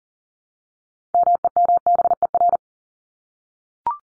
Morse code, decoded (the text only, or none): MEMBER